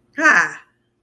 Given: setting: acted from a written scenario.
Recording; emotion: vocal sound without words; pride